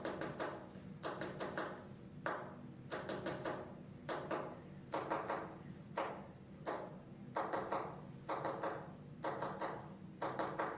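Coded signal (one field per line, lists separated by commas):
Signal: tap code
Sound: groups of short hollow knocks repeating steadily, like tapping on wood or pipes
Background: quiet room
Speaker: something prisoners of War would use we tap them out on radiator pipes or the Artic floor dad thought we had mice but we couldn't find any B cat anyway okay so the knock code knock or tap cat oh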